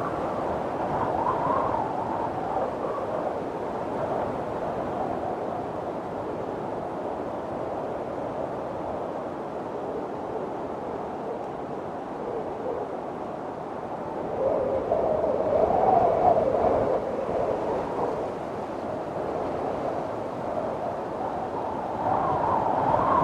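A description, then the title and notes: A winter wind storm howls steadily, a dense rushing roar centered in the low-middle range with blowing snow hissing above it. The gusts swell noticeably around fifteen to seventeen seconds and again near the end, giving a brief moaning tone before easing back. The calming sounds of a winter wind storm. The howling winds and blowing snow.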